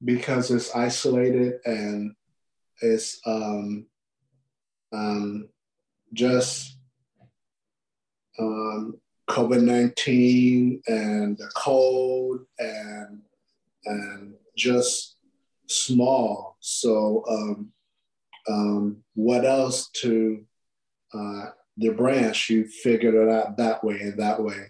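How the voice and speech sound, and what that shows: Halting adult male speech with long pauses, drawn-out 'um' fillers and garbled, fragmented phrasing, typical of non-fluent aphasia after stroke.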